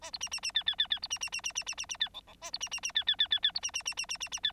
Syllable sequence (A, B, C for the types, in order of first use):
A B C C C D D D D B C C C C C C C C D E E A B C C C D D D D D B C C C C C C C D